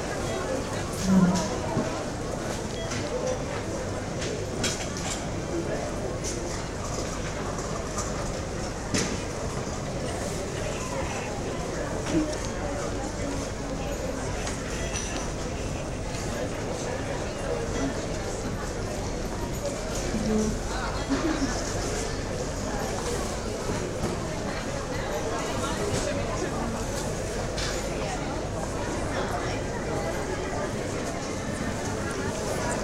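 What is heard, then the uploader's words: A city coffee shop hums with dense overlapping chatter and a steady low rumble, with occasional clinks and bumps near one, nine, and twenty seconds. City Coffee Shop.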